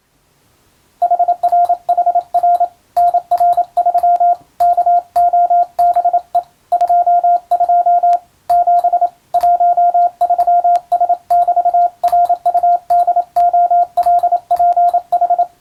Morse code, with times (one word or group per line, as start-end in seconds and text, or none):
1.0-2.6 HRHR
3.0-4.3 NR3
4.6-6.4 KOBE
6.7-8.2 22
8.5-9.1 7
9.3-15.4 13S<BT>RUDOLPH